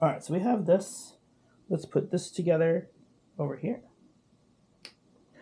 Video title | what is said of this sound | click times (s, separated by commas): Blokees Ratchet | that clicked did you hear that that clicked one foot um and lower leg | 4.8 s